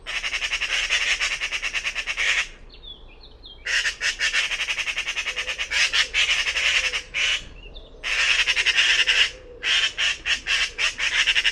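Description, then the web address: Bird calling in long scratchy rattles of fast pulses, broken by pauses, with faint higher chips heard during the gaps. "cianscape birddata Deverinetal"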